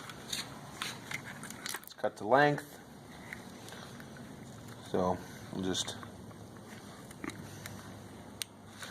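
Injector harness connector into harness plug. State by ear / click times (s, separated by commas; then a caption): seated / 8.4 s. A flex fuel injector harness connector is pushed into its mating harness plug until it clicks and seats. Someone talks while small handling clicks and rustles are heard, then a single sharp click lands at 8.4 seconds as the connector seats.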